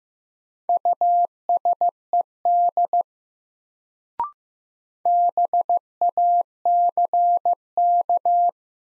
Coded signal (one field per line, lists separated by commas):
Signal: Morse code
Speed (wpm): 15 wpm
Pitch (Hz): 700 Hz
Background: none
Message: USED BACK